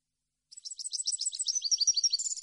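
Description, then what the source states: European goldfinch pouring out a fast, steady string of high, tinkling notes and twitters that grows slightly louder over two seconds. Clean goldfinch song on CD, for birds to copy as song training.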